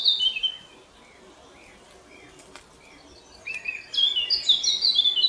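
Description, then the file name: Eurasian blackcap song: a short bright warbled phrase at the start, faint softer notes between, and a louder fluttering whistled burst near the end, over a light background hiss. "Sylvia atricapilla"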